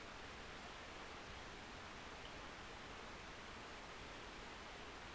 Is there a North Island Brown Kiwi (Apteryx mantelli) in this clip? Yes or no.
no